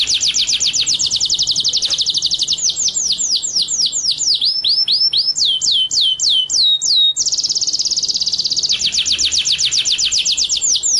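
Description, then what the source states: White-rumped shama song: loud varied whistled phrases, rapid series of sweeping slurred notes changing in pitch and pace, with fast trilled runs, continuous for eleven seconds. Masteran (training) track; full rolling (ngerol) and shooting (nembak) song style.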